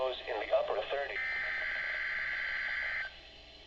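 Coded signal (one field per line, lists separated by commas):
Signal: Emergency Alert System (SAME) tones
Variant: header bursts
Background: speech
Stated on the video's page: NOAA Weather Radio required weekly test from KIG98, Portland, Oregon office, received on a Midland WR120EZ radio.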